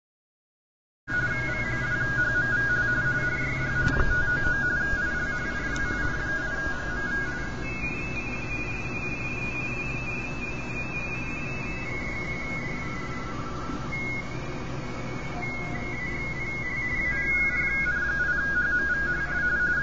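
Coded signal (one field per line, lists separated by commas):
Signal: RTTY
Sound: rapid warbling two-tone chatter, with a fainter second warbling signal above it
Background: radio static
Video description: I was just casually hunting and pouncing on RTTY signals on 40 meters and a little on 20 meters.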